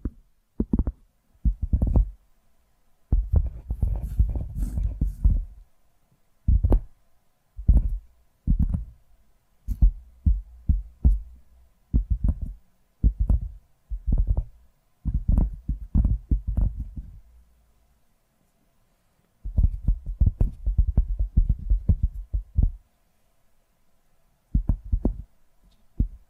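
Dull, low tapping comes in quick irregular clusters, each tap a soft thud with a little crisp edge. The rhythm stops and starts, with brief pauses, a longer silence around the eighteenth second, and another near twenty-four seconds before the tapping resumes.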